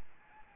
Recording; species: mosquito wingbeat signal from an infrared sensor; Aedes albopictus